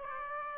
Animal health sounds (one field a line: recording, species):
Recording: mosquito wingbeat signal from an infrared sensor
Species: Aedes aegypti